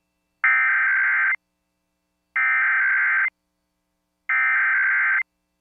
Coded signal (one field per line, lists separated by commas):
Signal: Emergency Alert System (SAME) tones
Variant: header bursts